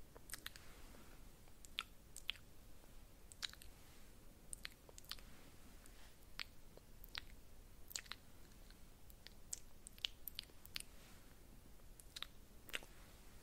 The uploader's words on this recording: Mouth Sounds (Spoolie Nibbling, Spit Painting, Unintelligible, Face Touching).